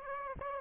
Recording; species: mosquito wingbeat signal from an infrared sensor; Aedes aegypti